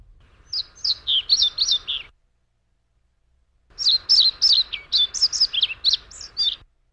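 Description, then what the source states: European pied flycatcher song: two phrases of high, sweet, varied notes, about one and a half and three seconds long, separated by a short silence. Male song given after mating; females can detect the difference from song before mating; field recording, played back.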